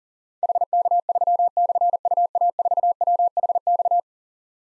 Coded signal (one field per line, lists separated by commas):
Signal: Morse code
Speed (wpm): 39 wpm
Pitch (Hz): 700 Hz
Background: none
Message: HK3/UA4WHX